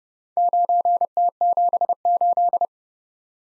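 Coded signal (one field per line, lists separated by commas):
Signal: Morse code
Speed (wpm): 30 wpm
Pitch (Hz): 700 Hz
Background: none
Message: 9T78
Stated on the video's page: Head-copy drill of random four-character letter-number groups at 30 wpm; each group sent in Morse, then spoken, then sent again in Morse.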